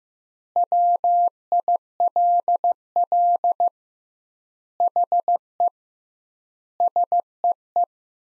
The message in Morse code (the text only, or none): WILL HE SEE